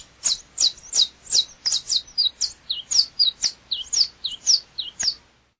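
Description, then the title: Double-collared seedeater singing a rapid series of high, sharp, down-slurred notes in a steady run lasting about five seconds. "Canto Coleiro"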